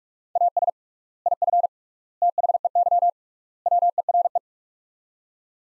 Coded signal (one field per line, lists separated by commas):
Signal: Morse code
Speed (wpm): 46 wpm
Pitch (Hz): 700 Hz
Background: none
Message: AS IF THEY WERE